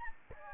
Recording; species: mosquito wingbeat signal from an infrared sensor; Anopheles gambiae